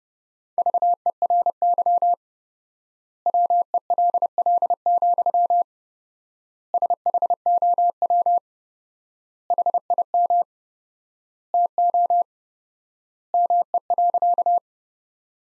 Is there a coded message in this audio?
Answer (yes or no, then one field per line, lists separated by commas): yes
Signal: Morse code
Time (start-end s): 0.6-14.6 s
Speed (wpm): 30 wpm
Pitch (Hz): 700 Hz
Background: none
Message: VERY WELL, SHOW HIM TO ME.